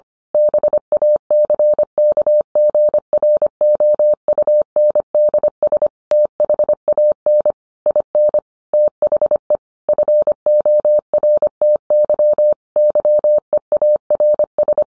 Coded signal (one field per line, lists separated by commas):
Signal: Morse code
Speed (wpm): 25 wpm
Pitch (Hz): 600 Hz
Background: none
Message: BACKGROUNDS THAN IN THE FORTY YEARS